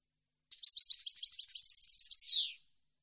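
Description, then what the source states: European goldfinch song, a single fast liquid twitter of varied notes finishing with a loud buzzy falling note, on a silent background. Clean goldfinch song on CD, for birds to copy as song training.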